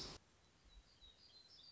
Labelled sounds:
Black-throated Gray Warbler
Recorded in Sonoma County, California

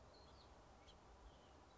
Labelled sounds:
House Finch
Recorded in Sonoma County, California

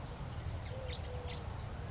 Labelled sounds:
Eurasian Collared Dove
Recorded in Sonoma County, California

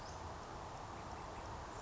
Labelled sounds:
Western Flycatcher
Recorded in Sonoma County, California

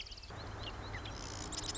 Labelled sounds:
Marsh Wren
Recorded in Sonoma County, California

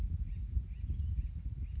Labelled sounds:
Acorn Woodpecker
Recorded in Sonoma County, California

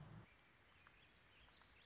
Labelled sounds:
Warbling Vireo
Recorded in Sonoma County, California

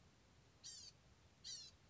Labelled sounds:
Blue-gray Gnatcatcher
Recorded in Sonoma County, California

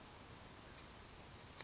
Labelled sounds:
California Towhee
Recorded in Sonoma County, California

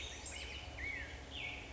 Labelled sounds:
Black-headed Grosbeak
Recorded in Sonoma County, California

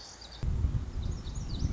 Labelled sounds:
Lazuli Bunting
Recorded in Sonoma County, California

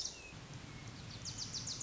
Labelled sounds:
Wilson's Warbler
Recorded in Sonoma County, California

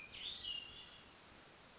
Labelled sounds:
Hermit Thrush
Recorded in Sonoma County, California

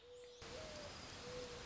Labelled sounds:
Mourning Dove
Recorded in Sonoma County, California

